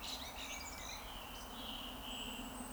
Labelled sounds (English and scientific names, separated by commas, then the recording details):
Eurasian Woodcock (Scolopax rusticola) whistle
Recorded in Baden-Württemberg, Germany, on 28 May 2021 at 19:32 UTC
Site 46435, 986 m above sea level